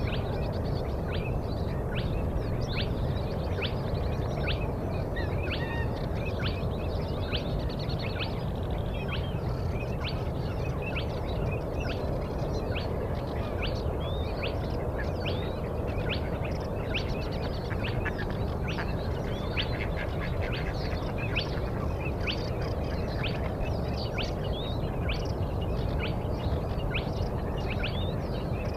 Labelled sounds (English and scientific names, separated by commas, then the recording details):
Spotted Crake (Porzana porzana)
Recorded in the wild
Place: Schwedt/Oder, Nationalpark Unteres Odertal, Brandenburg, DE
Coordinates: 53.1037, 14.3534
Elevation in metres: 1
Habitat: wetland
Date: 2015-04-23 04:35
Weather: clear, 4°C, almost windless
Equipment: Sound Devices 702, Sennheiser MKH 70, Rycote Windschutz
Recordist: Frommolt, Karl-Heinz